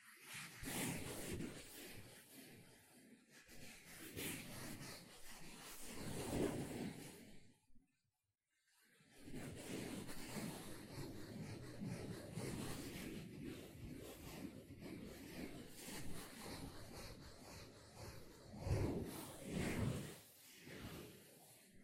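A sponge is rubbed and scrubbed in continuous rough, hissing strokes that swell and fade every second or two. The sound stops completely for about a second near the eight-second mark, then the dense scratching resumes. A few louder, brighter bursts come near the end.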